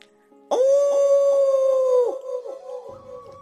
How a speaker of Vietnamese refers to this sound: Lập tức, phía trước thu hống như sấm, sói chu trận trận, ba con địa minh lang khuyển chui ra, nhìn chằm chằm Tô Dật.